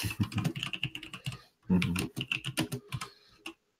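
Rapid typing on a computer keyboard, a quick irregular clatter of crisp key clicks in two bursts separated by a short pause, with a steady low hum underneath.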